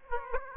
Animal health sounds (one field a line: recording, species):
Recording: mosquito wingbeat signal from an infrared sensor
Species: Aedes aegypti